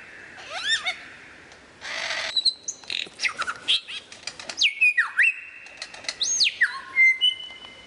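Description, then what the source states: Lyrebird song: rapid clicks and buzzy bursts, then sharp down-slurred and level whistles mixed with chattering notes. Song variations.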